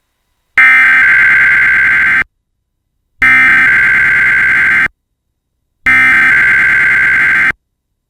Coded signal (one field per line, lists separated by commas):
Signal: Emergency Alert System (SAME) tones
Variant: header bursts